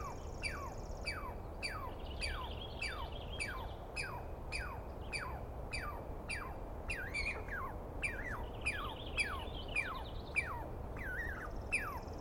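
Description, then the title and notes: Douglas squirrel calling: long series of descending chirps, some bending and wavering, with a high trill in the background. Douglas pine squirrel screaming for a long while at dawn, morning of 21 April 2017, East Cascades; identified by sound, not clearly seen. "On the morning of 21 April, 2017, I set up my microphones and recorder for a nice dawn recording in the East Cascades. I was started awake by a screaming Douglas Pine Squirrel."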